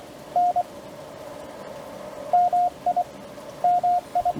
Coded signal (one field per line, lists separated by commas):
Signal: Morse code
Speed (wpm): 18 wpm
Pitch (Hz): 700 Hz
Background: radio noise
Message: N MI MI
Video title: CW POTA Callsign copy practice with subtitles